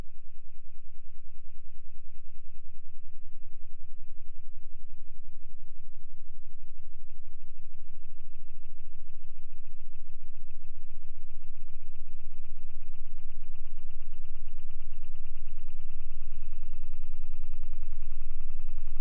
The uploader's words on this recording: ESA ESTEC Test Centre Sounds: IXV on Shaker. Severe vibration experienced during take-off, simulated by ESA ESTEC Test Centre's shaker tables.